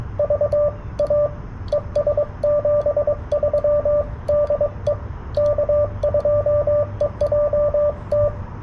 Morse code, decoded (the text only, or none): VA ES 73 DE K2EJT